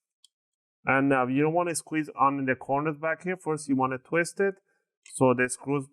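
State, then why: Seated. The plastic bottom cover of a Dell Inspiron 15 5000 (P102f) laptop is squeezed at the front corners and sides so its retaining clips snap into the chassis. A short, sharp click at 0.2 s shows the cover clip seating, and then someone talks.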